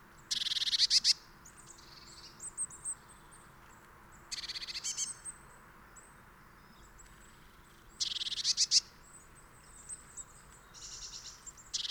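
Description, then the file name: Eurasian blue tit calls as harsh buzzy churring bursts roughly every four seconds, each about a second long, with thin high notes in between and steady background hiss. "Cyanistes caeruleus"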